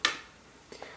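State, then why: Released. The plastic back panel of a Samsung Galaxy Note II smartphone is pried off its body at the thumbnail tab, giving a sharp pop at 0.1 s. Faint tapping follows, and a second sharp tick comes at 1.0 s. The back cover is released and comes off.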